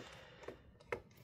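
A bottom cover screw on a Lenovo ThinkPad X13 Yoga Gen 2 is turned backwards (counter-clockwise) against the laptop chassis's threaded hole to check it is lined up before tightening. Over a quiet background with a faint earlier tick, a sharp, bright click sounds at 0.9 s as the thread start drops into the hole, confirming the screw is seated.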